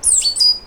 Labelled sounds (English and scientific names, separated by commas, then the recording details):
Stitchbird (Notiomystis cincta) song
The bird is a male
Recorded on Tiritiri Matangi Island, New Zealand, in 2005
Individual 9, of nest box 11